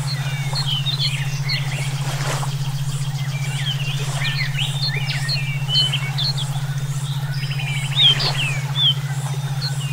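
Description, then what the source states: Songbirds chatter busily with varied whistles, trills and buzzy notes, over a constant low droning tone. Brainwave therapy for training songbirds (omkicau).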